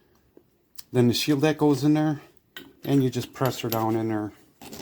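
A snap ring or retaining shield is handled at the bore of a Volvo Penta trim tilt cylinder, about to be pressed down into its groove with a 3/4 inch socket, slightly smaller than the shield, instead of snap ring pliers. Faint metallic handling ticks are heard near 0.2 s and 0.4 s, then someone talks for the rest of the clip. Nothing has seated or snapped into the groove yet.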